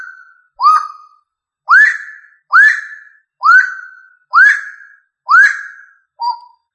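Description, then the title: Rail calling with six upward-swept whistled notes in a steady series, ending on a shorter, lower, flat note. "Familia Rallidae"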